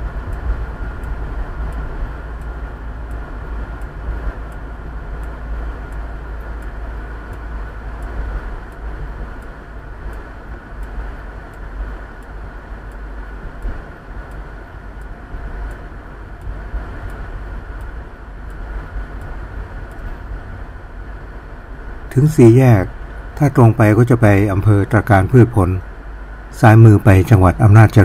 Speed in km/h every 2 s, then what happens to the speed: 45, 44, 43, 43, 40, 39, 35, 32, 29, 26, 22, 16, 12, 6.
0-28 slows to 6.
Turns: none.